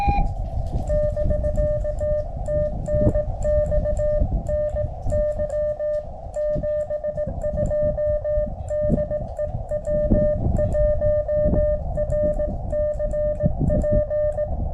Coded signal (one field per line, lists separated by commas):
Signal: Morse code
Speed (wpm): 18 wpm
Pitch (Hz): 590 Hz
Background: music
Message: <BK> TNX NY 72 DE W1RCP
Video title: 10m & 15m POTA Activation @ Reed Bingham State Park K-2195 with the Elecraft KX2 & K6ARK random wire